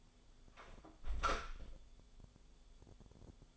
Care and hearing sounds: daily activity, microphone in the room; close door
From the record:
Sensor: 5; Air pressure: 1015.4 hPa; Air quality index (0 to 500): 211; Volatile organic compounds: 11 ppm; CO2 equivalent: 2296 ppm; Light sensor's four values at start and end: 35/80/32/31 and 35/80/32/31

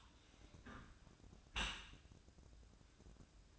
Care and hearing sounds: daily activity, microphone in the room; close dishwasher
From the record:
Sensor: 2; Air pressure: 1012.1 hPa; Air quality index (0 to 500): 146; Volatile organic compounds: 2 ppm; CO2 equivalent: 1073 ppm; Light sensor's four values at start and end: 400/991/403/409 and 397/984/400/406

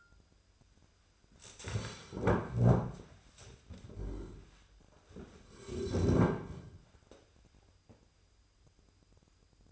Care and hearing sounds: daily activity, microphone in the room; stand up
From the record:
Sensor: 2

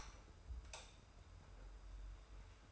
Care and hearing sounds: daily activity, microphone in the room; light on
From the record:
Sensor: 2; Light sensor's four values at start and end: 25/59/24/24 and 30/77/31/30

